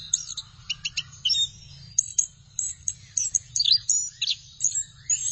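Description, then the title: Thrush song, a rapid, varied run of high chirps, trills and sharp notes delivered in quick bursts with brief pauses, over a faint low hum. "burung anis x"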